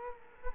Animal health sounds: mosquito wingbeat signal from an infrared sensor; Culex quinquefasciatus

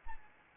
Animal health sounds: mosquito wingbeat signal from an infrared sensor; Anopheles arabiensis

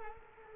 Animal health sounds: mosquito wingbeat signal from an infrared sensor; Culex quinquefasciatus

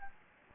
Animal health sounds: mosquito wingbeat signal from an infrared sensor; Anopheles gambiae

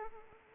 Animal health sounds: mosquito wingbeat signal from an infrared sensor; Anopheles arabiensis

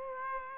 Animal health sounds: mosquito wingbeat signal from an infrared sensor; Aedes aegypti

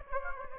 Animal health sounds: mosquito wingbeat signal from an infrared sensor; Aedes aegypti

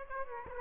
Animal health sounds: mosquito wingbeat signal from an infrared sensor; Aedes aegypti

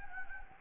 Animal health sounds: mosquito wingbeat signal from an infrared sensor; Anopheles gambiae

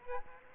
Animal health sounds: mosquito wingbeat signal from an infrared sensor; Aedes aegypti

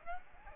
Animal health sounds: mosquito wingbeat signal from an infrared sensor; Aedes aegypti

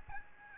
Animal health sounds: mosquito wingbeat signal from an infrared sensor; Aedes albopictus

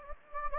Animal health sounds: mosquito wingbeat signal from an infrared sensor; Anopheles gambiae

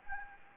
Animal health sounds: mosquito wingbeat signal from an infrared sensor; Anopheles gambiae

